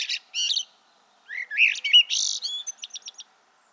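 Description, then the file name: Common blackbird song, with a low rich warble followed by a rapid series of high, thin chittering notes at the end. "Turdus merula"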